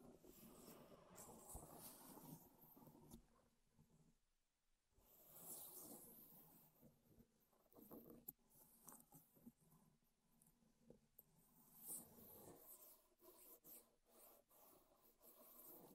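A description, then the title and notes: Wood triggers: dry rubbing and scratching on wood, with rasping strokes that come and go in uneven bursts. Brief pauses near four and twelve seconds break the texture, and sharp taps or clicks punctuate it, including a crisp one around eight seconds. ASMR Wood Triggers in Your Ears (No Talking).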